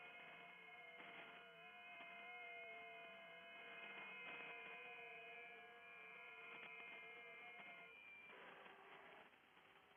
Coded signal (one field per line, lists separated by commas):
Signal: FT8